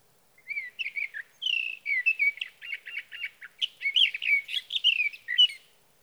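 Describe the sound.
Sage thrasher singing a long, hurried warble of sweet whistles, slurred notes and short chattering phrases, flowing without pause for over five seconds; no other sounds.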